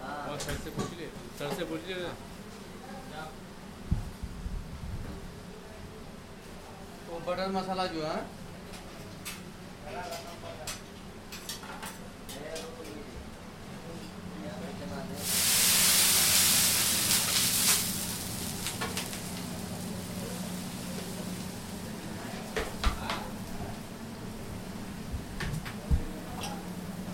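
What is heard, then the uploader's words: A home kitchen with a low, steady hum underneath and scattered clicks and clatters of utensils, with brief voices near the start and around eight seconds. At about fifteen seconds a loud, bright hiss bursts from the hot griddle as dosa batter is spread, fading after roughly three seconds. The location of the recording is Chidambaram's New Madras Hotel, Khanna Market. The recording is taking place from inside the kitchen. The sound of the stove hissing is when the Dosa batter is spread on the tava. Recorded by Bariya. Inside the kitchen, New Delhi.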